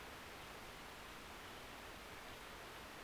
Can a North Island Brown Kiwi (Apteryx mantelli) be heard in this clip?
no